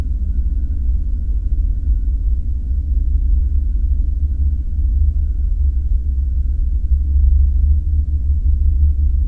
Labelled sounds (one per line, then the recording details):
wind
man-made sound
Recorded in the Prudhoe Bay oil fields, Alaska, on 5 September 2019 at 01:14
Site 14